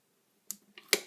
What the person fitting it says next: You can hear it click a little bit.